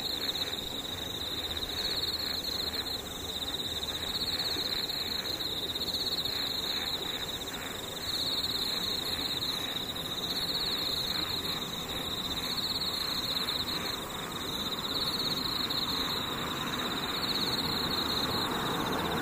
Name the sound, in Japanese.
ムシ